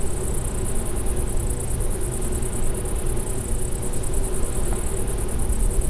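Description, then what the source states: Bush-cricket song, a continuous very high, rapidly pulsed buzz with even rhythm, over a steady low rumbling noise. Recorded near a wind energy plant at Klein Leine, 20 August 2016, 22:24 h.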